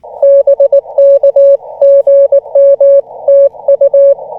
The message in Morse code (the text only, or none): BK GM TU